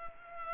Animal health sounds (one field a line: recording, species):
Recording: mosquito wingbeat signal from an infrared sensor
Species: Culex pipiens